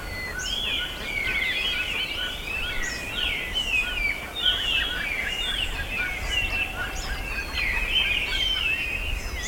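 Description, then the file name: Bird calls from several birds overlap continuously: twittering chirps, brief upward and downward slurs, and scattered high notes over a faint rumbling backdrop. "SABIOD 50 bird 2015"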